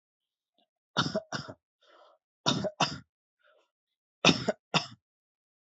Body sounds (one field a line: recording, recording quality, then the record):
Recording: shallow voluntary cough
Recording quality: excellent, no background noise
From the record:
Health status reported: healthy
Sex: male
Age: 28 years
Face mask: not worn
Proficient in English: yes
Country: India